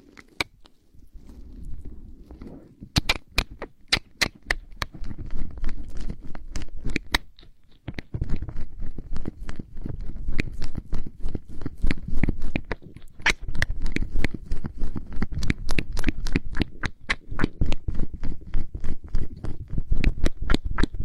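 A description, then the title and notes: Ear massage with oil, recorded close up: a soft, low rubbing sound runs almost throughout, with a brief quiet gap near the start and another around seven seconds. Over it come frequent sharp, crisp clicks and wet pops, rapid and irregular, denser in the second half. Ear oil massages the ears.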